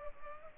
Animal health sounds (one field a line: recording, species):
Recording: mosquito wingbeat signal from an infrared sensor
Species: Culex pipiens